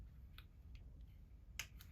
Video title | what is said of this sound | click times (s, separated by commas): Resmed Airfit N30i | And it just snaps back into place. | 1.6 s